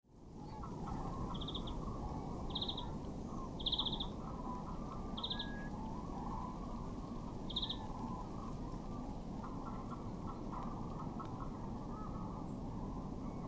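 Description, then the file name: European greenfinch calls, several brief rattling trills repeated irregularly, set against a heavy low background roar. "Chloris chloris"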